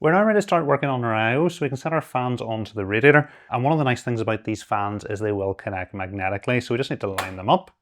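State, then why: Not seated. Someone talks while case fans are set onto an AIO radiator, being lined up so they connect magnetically fan-to-fan. Only speech is heard. Nothing has seated or clicked yet.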